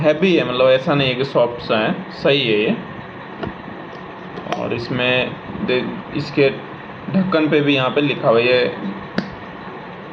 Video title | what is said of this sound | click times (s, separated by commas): MILTON Executive Lunch Box Unboxing & Review - Office Tiffin with Insulated Bag - Hindi | और इस तरीके से ये लॉक हो जाता है, मतलब एयर टाइट है। | 9.2 s